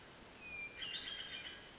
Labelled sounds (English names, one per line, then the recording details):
Hermit Thrush
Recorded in Sonoma County, California